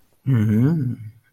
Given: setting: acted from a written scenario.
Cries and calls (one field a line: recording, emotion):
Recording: vocal sound without words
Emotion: desire